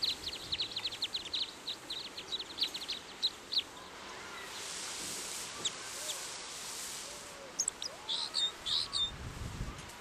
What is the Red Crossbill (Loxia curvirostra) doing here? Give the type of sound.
song